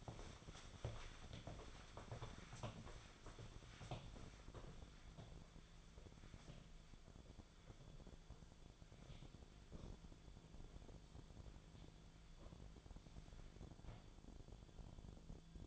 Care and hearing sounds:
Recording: daily activity, microphone in the room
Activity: walk to room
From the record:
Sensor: 5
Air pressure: 1010.3 hPa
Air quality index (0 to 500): 139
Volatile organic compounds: 3 ppm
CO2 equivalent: 1361 ppm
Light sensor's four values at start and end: 289/688/299/336 and 281/698/293/323

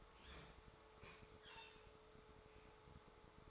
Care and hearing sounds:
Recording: daily activity, microphone in the room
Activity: open fridge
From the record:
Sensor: 3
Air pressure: 1004.5 hPa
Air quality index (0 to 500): 194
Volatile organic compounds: 14 ppm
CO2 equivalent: 2432 ppm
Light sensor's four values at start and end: 5/12/4/4 and 5/12/4/4

